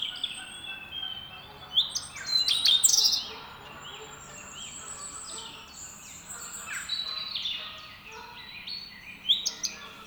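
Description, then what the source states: Bird song, bursts of high, varied chirps and trills coming in short phrases, with quieter notes between them. Song, recorded in the UK.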